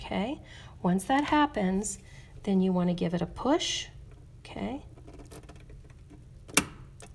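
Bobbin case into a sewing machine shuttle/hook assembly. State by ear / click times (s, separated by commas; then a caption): seated / 6.6 s. Someone talks while a bobbin case, lined up so its little arm sits in the notch, is pushed into a sewing machine's shuttle/hook assembly; a few light taps come around 5.4–5.6 s. A sharp metal click at 6.6 s marks the bobbin case seating in place, confirmed by it not moving when tried.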